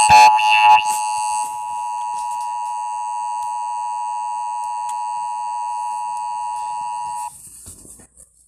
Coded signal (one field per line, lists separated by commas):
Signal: Emergency Alert System (SAME) tones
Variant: 853 and 960 Hz attention tone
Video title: EAS scenario winter storm